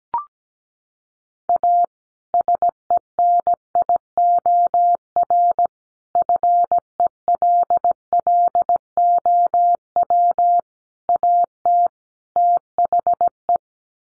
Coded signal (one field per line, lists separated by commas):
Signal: Morse code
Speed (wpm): 17 wpm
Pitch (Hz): 700 Hz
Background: none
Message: A SENIOR FELLOW AT THE